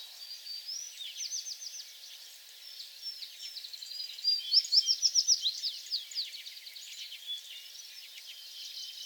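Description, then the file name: American tree sparrow song: a bright flourish of fast repeated notes midway, amid constant high-pitched twittering. Recorded on 28 April 2022; several songs. "2022-04-28 American Tree Sparrow songs"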